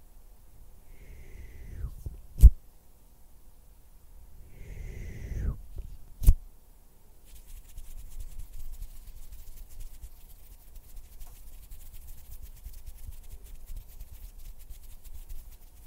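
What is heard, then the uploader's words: Mouth sounds and hand noises: twice, a short sliding mouth tone falls in pitch, each followed by a sharp snap or pop at about 2.5 and 6.3 seconds. After that, a faint, steady fluttering rustle continues to the end. Hand sounds, finger fluttering, mouth sounds.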